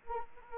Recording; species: mosquito wingbeat signal from an infrared sensor; Anopheles arabiensis